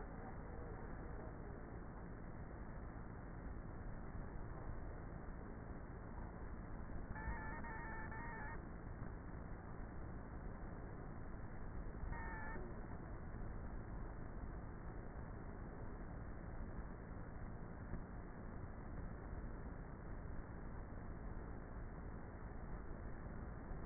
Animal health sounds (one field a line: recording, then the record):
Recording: honeybee colony, microphone inside the hive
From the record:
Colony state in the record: queenless with a low population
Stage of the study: before two queens were removed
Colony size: about 30,000 bees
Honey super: no